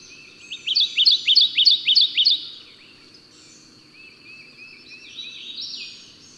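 Bird song: a fast run of several repeated high, slurred whistled notes, then after a pause a quieter thin phrase.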